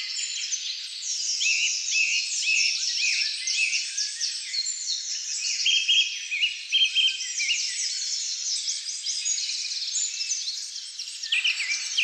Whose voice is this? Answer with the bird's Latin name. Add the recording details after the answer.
Turdus philomelos. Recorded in the wild. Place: Lilienhof / Kaiserstuhl, Baden-Württemberg, DE. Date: 2000-03-25. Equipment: MiniDisc Sharp MT 20 H. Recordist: Schwarz, Dieter. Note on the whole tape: Song